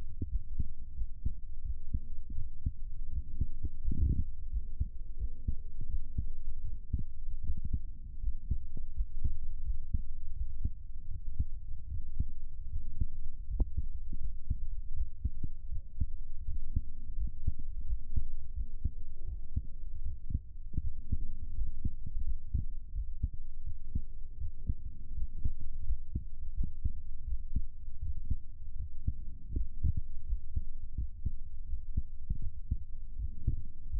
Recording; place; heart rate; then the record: heart sounds by stethoscope; pulmonary valve (PV); 81 bpm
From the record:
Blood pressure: 125/90 mmHg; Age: 33 years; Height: 162 cm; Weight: 52 kg